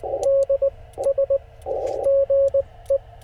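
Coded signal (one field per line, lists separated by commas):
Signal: Morse code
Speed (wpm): 19 wpm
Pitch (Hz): 560 Hz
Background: radio noise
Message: D S GE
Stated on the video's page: CW park activation pile-ups and DX after a solar storm, using an FT-891 and a 17-foot telescopic whip from a car.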